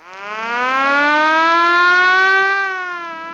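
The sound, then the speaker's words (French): An alarm siren, deliberately set off, sounds in one sustained, steady wail, its pitch rising slowly and then easing back slightly as it fades a little at the end. Loud and alone, with no voices. “Déclenchons l'alarme, à l'œil.”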